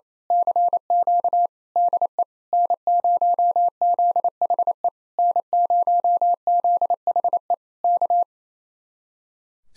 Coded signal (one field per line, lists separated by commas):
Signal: Morse code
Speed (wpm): 26 wpm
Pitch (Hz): 700 Hz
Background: none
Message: CQ DE N0ZHE N0ZHE K